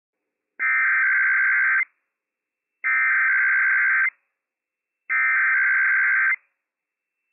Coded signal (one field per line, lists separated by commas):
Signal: Emergency Alert System (SAME) tones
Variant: header bursts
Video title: IPAWS Required Weekly Test - WWF56 - EAS #174 - 11:00 AM PDT 9/20/21